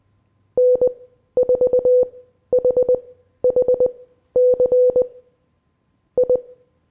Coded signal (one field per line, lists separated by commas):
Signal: Morse code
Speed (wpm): 20 wpm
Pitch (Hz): 500 Hz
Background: none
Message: N4HHC I